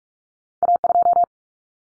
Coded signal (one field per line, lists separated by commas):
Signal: Morse code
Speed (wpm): 44 wpm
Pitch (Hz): 700 Hz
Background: none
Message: A2